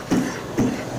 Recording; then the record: coughing mixed with background sound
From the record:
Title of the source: Spring Cold Coughing 3